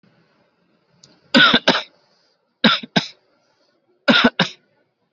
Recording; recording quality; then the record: shallow voluntary cough; excellent, no background noise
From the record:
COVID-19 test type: RT-PCR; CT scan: not taken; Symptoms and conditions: none ticked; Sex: male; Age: 29 years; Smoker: no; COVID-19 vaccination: both doses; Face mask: worn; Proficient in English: yes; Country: India